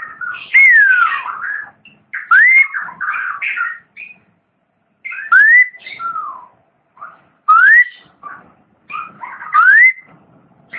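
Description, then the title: Long-tailed shrike song: clear upslurred whistles repeated about every two seconds, mixed with short warbled and chattering notes. "Kicau Burung Pentet"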